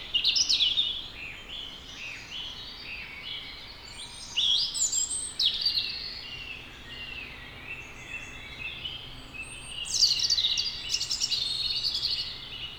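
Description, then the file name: European robin delivering several high, varied warbling phrases, with sliding whistles and quick trills, separated by short pauses. "Erithacus rubecula"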